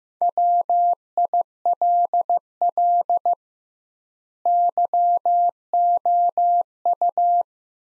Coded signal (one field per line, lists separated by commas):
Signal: Morse code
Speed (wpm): 15 wpm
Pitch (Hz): 700 Hz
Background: none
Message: WILL YOU